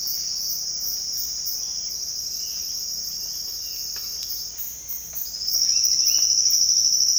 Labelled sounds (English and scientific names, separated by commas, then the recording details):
Violaceous Jay (Cyanocorax violaceus), Roadside Hawk (Rupornis magnirostris)
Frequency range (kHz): Violaceous Jay (Cyanocorax violaceus) 1.6-3.9 kHz
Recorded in dense forest near Puerto Asís, Putumayo, Colombia, on 19 February 2024 at 07:00
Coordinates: 0.496, -76.326
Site G6383